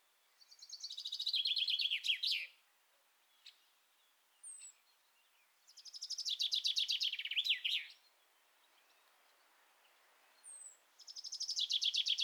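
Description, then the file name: Common chaffinch singing repeated descending trilled phrases roughly every five seconds, the complete ones ending in a flourish, with brief thin high notes between phrases. "Fringilla coelebs"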